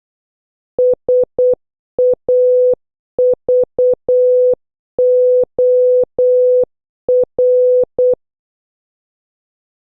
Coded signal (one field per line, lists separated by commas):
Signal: Morse code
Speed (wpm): 8 wpm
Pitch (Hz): 500 Hz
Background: none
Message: SAVOR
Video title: 10. Practice Morse Code Words with Sound - O to Z (Increasing speed) (Must Watch previous videos)